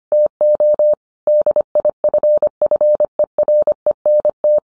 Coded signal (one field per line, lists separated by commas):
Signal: Morse code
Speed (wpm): 25 wpm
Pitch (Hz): 600 Hz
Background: none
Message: TO DIFFERENT